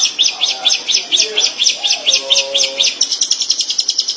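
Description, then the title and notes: Shrike song: fast chattering series of sharp high notes over soft lower warbles in the background. "Suara burung pentet"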